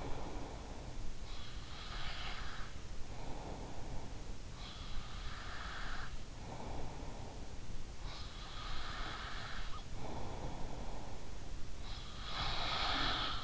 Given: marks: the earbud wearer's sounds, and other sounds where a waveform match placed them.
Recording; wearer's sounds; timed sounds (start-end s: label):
sounds in sleep by an in-ear microphone; breath
0.00-13.44 s: breath